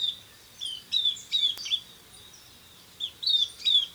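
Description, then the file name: Southern beardless tyrannulet: high piping notes, each a short downslurred whistle, in two loose groups with a gap in between and a brief click. "Camptostoma obsoletum - Southern Beardless Tyrannulet"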